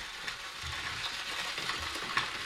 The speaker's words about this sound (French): Donc là, on est avec les fourmis moissonneuses. Voilà le bruit que ça fait quand elles croquent le bois, elles font leur galerie, elles creusent leur galerie. Ça fait ces bruits particuliers avec les mandibules, elles arrachent des copeaux.